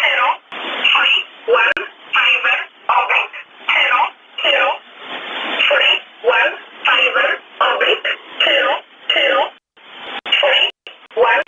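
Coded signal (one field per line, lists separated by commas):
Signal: numbers station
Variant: E11 Oblique, English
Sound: voice reading short, evenly spaced words, likely numbers, in narrow radio-like bandwidth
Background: faint radio hiss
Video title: 29 12 2018 E11 Oblique Numbers station in English to Eu 0805 on 7377 unknown tx site in USB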